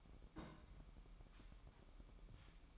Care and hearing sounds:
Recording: daily activity, microphone in the room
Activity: place on stove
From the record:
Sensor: 1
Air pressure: 1008.0 hPa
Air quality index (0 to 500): 126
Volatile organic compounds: 2 ppm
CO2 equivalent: 1065 ppm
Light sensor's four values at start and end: 8/20/8/9 and 8/20/8/9

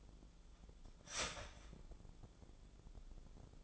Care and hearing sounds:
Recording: daily activity, microphone in the room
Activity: start toaster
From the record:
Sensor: 5

